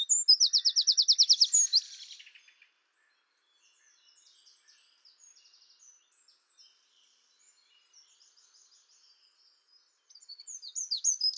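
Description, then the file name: Eurasian wren song opens with a loud, fast, ringing trill, falls to faint twitters for several seconds, then another loud high song begins. "Troglodytes troglodytes"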